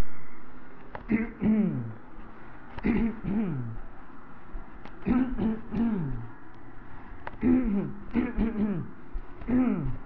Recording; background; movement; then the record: throat clearing; traffic; walking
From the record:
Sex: male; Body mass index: 20.6 kg/m2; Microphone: on the chest, facing the body